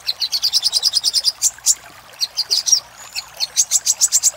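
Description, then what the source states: Little spiderhunter giving a fast series of ringing high chips, a short pause with a thin whistle, then another quick run of notes. Master recording for training cage birds, Labaik style.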